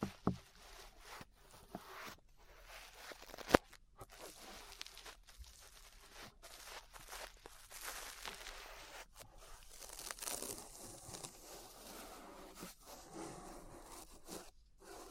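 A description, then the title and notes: Soft brushing against a microphone, made of dense scratchy strokes that come in uneven bursts with brief silent gaps between them. A sharp, louder click stands out at about three and a half seconds, and the strokes grow slightly fuller toward the ten-second mark. ASMR Relaxing 3Dio Ear Brushing (No Talking).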